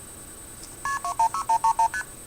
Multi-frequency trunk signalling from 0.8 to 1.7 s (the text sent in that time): KP26